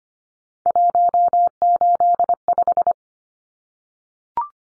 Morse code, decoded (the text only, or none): 185